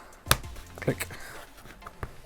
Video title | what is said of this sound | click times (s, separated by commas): Oculus Go // Facial Interface & Foam Replacement Set / VRCover.com | pop it back in click | 0.3 s